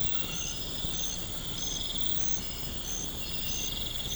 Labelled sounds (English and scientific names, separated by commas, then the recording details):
none
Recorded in pastures near Puerto Asís, Putumayo, Colombia, on 12 March 2025 at 01:00
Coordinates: 0.472, -76.329
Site G074